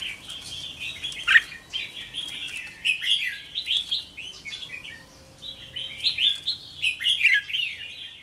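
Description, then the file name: Red-whiskered bulbul song: warbled, slurred whistled phrases with some sharply dipping notes, sung in bursts. "Tieng chao mao hot che"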